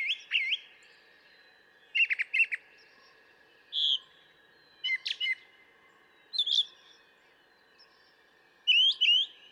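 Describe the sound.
Brown thrasher song: varied whistled and buzzy phrases, several doubled, given in separate groups with pauses between them.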